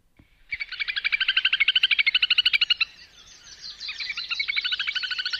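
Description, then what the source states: Little Grebe whinnying trill: a long rapid run of high, even pulses lasting over two seconds, then a softer, rougher trilling continuation. Loud whinnying call given in the breeding season.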